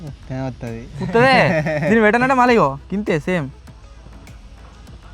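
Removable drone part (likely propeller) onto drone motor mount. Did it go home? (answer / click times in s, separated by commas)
yes / 4.3 s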